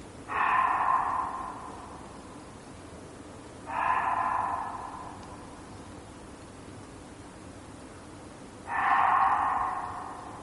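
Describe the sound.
Reeves's muntjac uttering three hoarse barks spaced roughly three to five seconds apart, each fading out, against low steady noise.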